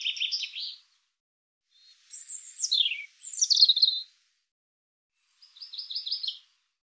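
European robin delivering high twittering phrases, including sharp descending whistled notes and a short rapid trill, separated by brief pauses.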